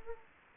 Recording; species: mosquito wingbeat signal from an infrared sensor; Anopheles gambiae